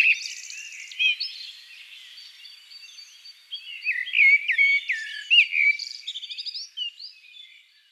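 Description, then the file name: Eurasian blackbird giving a brief high trill, then a long phrase of slurred fluty notes ending in rapid squeaky twitters. "Turdus merula"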